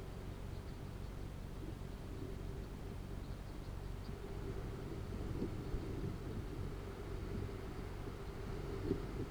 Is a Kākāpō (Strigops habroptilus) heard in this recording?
no